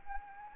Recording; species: mosquito wingbeat signal from an infrared sensor; Anopheles arabiensis